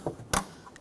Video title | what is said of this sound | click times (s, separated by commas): How to Replace Tail Light 2008-2012 Honda Accord | and snap that in | 0.3 s